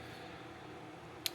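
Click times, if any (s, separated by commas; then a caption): 1.3 s. A folding knife with carbon fiber handle scales and an M398 steel blade has its blade closed into the detent in the handle. After a low, steady background, a single sharp, bright click comes at 1.3 s, a nice positive click. The blade seats in its detent.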